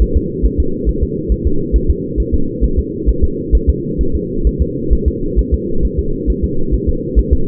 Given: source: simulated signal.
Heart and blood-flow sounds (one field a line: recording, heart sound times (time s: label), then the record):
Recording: fetal heart sounds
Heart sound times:
0.02 s: S1
0.17 s: S2
0.45 s: S1
0.60 s: S2
0.89 s: S1
1.03 s: S2
1.32 s: S1
1.47 s: S2
1.76 s: S1
1.90 s: S2
2.20 s: S1
2.34 s: S2
2.64 s: S1
2.79 s: S2
3.09 s: S1
3.24 s: S2
3.55 s: S1
3.69 s: S2
4.01 s: S1
4.16 s: S2
4.47 s: S1
4.62 s: S2
4.93 s: S1
5.08 s: S2
5.39 s: S1
5.54 s: S2
5.85 s: S1
5.99 s: S2
6.30 s: S1
6.44 s: S2
6.74 s: S1
6.89 s: S2
7.19 s: S1
7.33 s: S2
From the record:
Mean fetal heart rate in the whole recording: 135 bpm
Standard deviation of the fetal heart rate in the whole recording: 3 bpm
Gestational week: 34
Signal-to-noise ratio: -8.1 dB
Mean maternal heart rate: 72 bpm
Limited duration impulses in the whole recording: absent